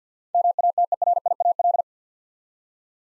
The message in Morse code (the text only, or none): MATERIAL